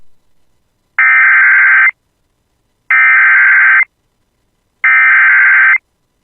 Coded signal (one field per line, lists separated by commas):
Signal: Emergency Alert System (SAME) tones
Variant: header bursts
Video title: [EAS] Severe Thunderstorm Warning for Whapeton and Fergus Falls [6/19/25]